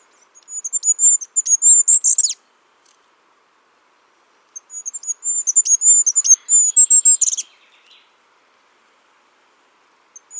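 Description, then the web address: Bird delivering two bursts of rapid, very high-pitched chirps and thin whistles separated by a pause, with a faint note at the very end. "cianscape birddata Deverinetal 2025 File origin Bird Only"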